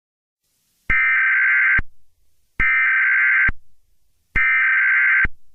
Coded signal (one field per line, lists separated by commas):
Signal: Emergency Alert System (SAME) tones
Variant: header bursts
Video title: EAS Scenario #36 Among Us